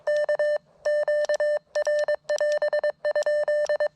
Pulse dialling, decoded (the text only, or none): none